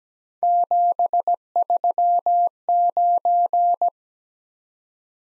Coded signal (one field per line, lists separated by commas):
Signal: Morse code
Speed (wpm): 17 wpm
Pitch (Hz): 700 Hz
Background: none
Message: 739